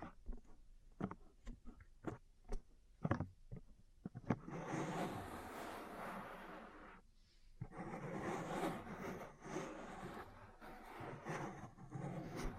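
Ear cleaning and massage sounds: for the first four seconds, sharp separate taps and clicks arrive about twice a second. Then a dense, rustling rub takes over, bright and scratchy, pausing briefly near seven seconds before resuming steadily with occasional soft knocks.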